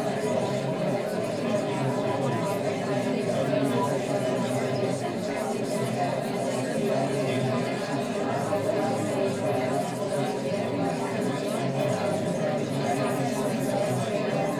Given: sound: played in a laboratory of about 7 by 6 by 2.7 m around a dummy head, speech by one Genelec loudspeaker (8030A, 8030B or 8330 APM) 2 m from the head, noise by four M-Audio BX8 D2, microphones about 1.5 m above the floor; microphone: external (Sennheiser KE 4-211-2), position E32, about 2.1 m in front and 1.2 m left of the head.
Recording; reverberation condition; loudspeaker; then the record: babble noise; low; four, about 170 cm from the corners of the room and facing them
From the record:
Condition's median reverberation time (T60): about 310 ms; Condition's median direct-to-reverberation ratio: about 3.5 dB